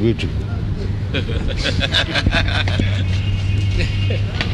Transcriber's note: laughter